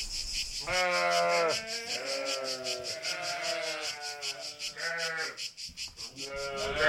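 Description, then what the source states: Sheep (ewe): sheep bleating repeatedly, several drawn-out quavering bleats one after another, with a steady pulsing hiss behind them. The farmer's ewes at La Cabane des Brebis sheep farm, Saint-André-en-Royans, in the Royans hills at the foot of the Vercors, France.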